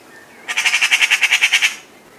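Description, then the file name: Eurasian magpie giving a harsh, dry chattering rattle of about twelve rapid pulses lasting over a second, against a quiet background. "Pica pica"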